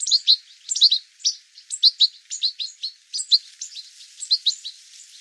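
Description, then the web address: Bird calls: a quick, uneven run of sharp, high chirps, some doubled, with no other sounds. "cianscape birddata Deverinetal 2025 File cleaned normalized Bird"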